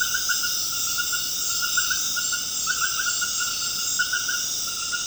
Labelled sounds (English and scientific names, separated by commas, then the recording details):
none
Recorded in dense forest near Puerto Asís, Putumayo, Colombia, on 19 March 2025 at 20:30
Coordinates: 0.481, -76.323
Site G088